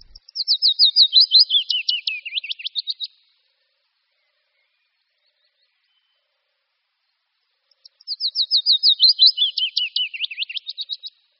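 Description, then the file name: Willow warbler song: a gently descending phrase of sweet notes, repeated once after a pause of a few seconds. "Budníček-větší"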